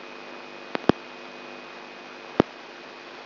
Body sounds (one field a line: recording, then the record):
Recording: brain microelectrode recording played as sound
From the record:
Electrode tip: inside the subthalamic nucleus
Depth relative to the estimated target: 2 mm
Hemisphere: left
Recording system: AlphaMap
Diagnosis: Parkinson's disease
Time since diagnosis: 11 years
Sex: male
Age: 67 years